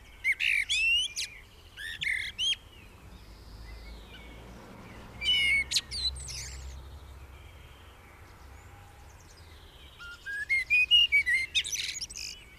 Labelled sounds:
Common Blackbird (Turdus merula) song

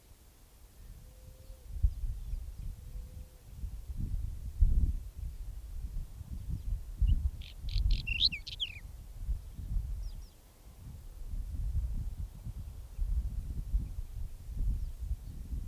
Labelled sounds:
Whinchat (Saxicola rubetra) song

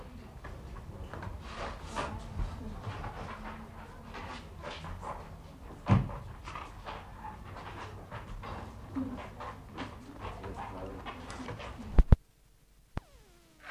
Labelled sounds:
Leopard (Panthera pardus)

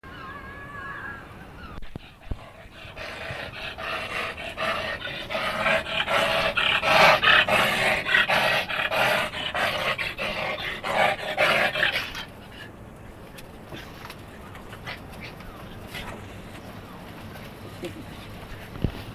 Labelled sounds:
Wolverine (Gulo gulo) call

